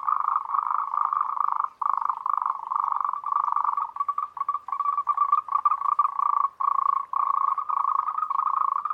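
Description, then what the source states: Moltrecht's green treefrogs in chorus give rapid pulsed croaking trills, overlapping into near-continuous sound with brief breaks. Calling in chorus, recorded at Huilay.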